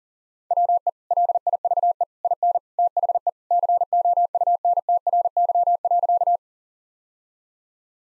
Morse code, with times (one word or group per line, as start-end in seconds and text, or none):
0.5-0.9 WE
1.1-2.0 LIVE
2.2-2.6 IN
2.8-3.3 THE
3.5-6.4 COUNTRY.